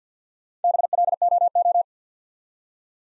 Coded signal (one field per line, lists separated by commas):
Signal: Morse code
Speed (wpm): 48 wpm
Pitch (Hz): 700 Hz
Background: none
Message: BLOO